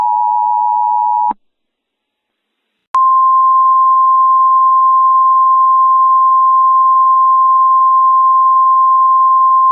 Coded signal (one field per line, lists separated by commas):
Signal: Emergency Alert System (SAME) tones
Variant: 853 and 960 Hz attention tone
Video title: EAS alerts 10/16/2021